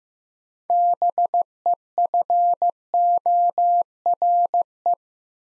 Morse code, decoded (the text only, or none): BEFORE